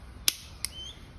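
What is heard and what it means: The plastic back cover of a two-button Mazda key fob is placed around the housing and squeezed at the lip until it clicks shut over the new coin battery. A sharp click at 0.3 s seats the cover, followed by a quieter click at 0.7 s against low background noise.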